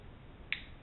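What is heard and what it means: The hammer of a 1897 Winchester pump shotgun action is drawn back, and the sear clicks into the hammer safety notch with a short, sharp click at 0.5 s. This positive click confirms the sear is seated and engaging the hammer correctly, showing good sear-to-hammer engagement.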